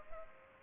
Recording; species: mosquito wingbeat signal from an infrared sensor; Culex pipiens